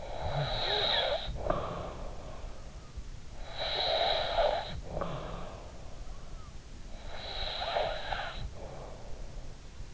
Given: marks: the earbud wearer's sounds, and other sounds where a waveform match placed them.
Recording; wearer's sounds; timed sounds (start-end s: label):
sounds in sleep by an in-ear microphone; snoring breath
0.00-2.46 s: snoring breath
3.31-5.83 s: snoring breath
7.09-9.38 s: snoring breath